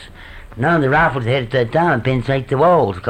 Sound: none